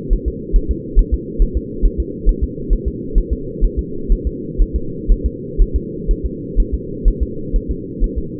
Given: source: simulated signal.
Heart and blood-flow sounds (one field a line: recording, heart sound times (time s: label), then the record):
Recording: fetal heart sounds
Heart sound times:
0.13 s: S1
0.28 s: S2
0.56 s: S1
0.71 s: S2
0.99 s: S1
1.14 s: S2
1.42 s: S1
1.57 s: S2
1.85 s: S1
2.00 s: S2
2.29 s: S1
2.44 s: S2
2.73 s: S1
2.88 s: S2
3.18 s: S1
3.33 s: S2
3.64 s: S1
3.79 s: S2
4.12 s: S1
4.27 s: S2
4.62 s: S1
4.76 s: S2
5.12 s: S1
5.26 s: S2
5.62 s: S1
5.76 s: S2
6.11 s: S1
6.26 s: S2
6.60 s: S1
6.74 s: S2
7.08 s: S1
7.23 s: S2
7.56 s: S1
7.71 s: S2
8.04 s: S1
8.18 s: S2
From the record:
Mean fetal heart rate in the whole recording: 130 bpm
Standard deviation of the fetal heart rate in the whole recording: 4 bpm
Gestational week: 38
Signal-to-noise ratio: -4.3 dB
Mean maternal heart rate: 72 bpm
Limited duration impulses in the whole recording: absent